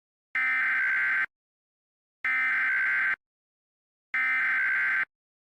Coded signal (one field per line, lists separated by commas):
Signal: Emergency Alert System (SAME) tones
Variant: header bursts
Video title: EAS Scenario - Username 666 (REMASTERED) (18+)